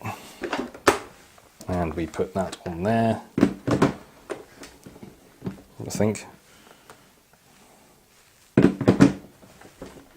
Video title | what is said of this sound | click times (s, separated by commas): I Say! It's the Vax Dynamo Power Reach... | now you press the button and it clicks into place and everything's hunky-dory again now | 8.6 s